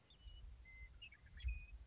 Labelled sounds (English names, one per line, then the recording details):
Western Meadowlark
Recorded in Sonoma County, California